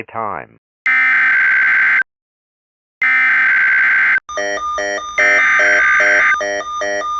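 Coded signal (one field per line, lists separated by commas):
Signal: Emergency Alert System (SAME) tones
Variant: header bursts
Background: speech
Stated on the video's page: Fictional EAS scenario themed on Mortal Kombat, made by a fan rather than broadcast.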